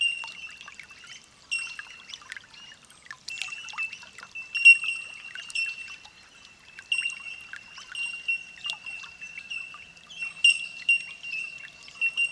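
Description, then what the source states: Bellbird calls: several birds giving clear, tinkling, high ringing notes, with separate louder pings breaking the steady chime at irregular intervals. Holophonic (olofonia) recording.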